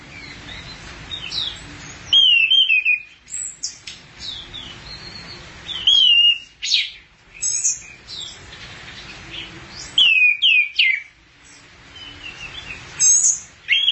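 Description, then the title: Thrush song with varied whistles and slurred notes in short bursts every few seconds, with brief quiet gaps. "burung anis x"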